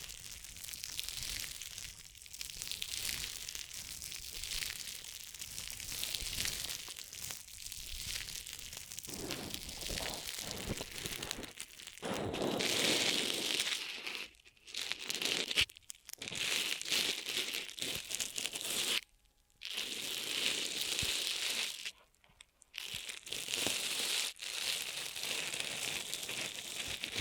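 Ear massage triggers made of dense, bright crinkling and rustling that runs almost without pause. The first half is softer and grainier; after about 12 seconds the rubbing turns louder and hissier, broken by brief silences near 14, 19 and 22 seconds.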